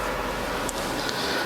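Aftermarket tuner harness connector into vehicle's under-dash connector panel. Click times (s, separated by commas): 0.7 s, 1.1 s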